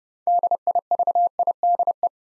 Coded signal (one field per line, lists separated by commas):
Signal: Morse code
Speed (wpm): 28 wpm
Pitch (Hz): 700 Hz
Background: none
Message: DIVIDE